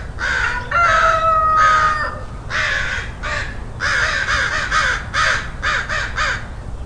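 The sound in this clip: Crows calling: a long drawn-out tonal call, then a rapid series of harsh, rasping caws, several overlapping.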